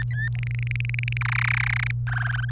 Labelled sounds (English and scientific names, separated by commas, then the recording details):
Domestic Canary (Serinus canaria) song
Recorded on 27 April 2018 at 10:28
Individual llb3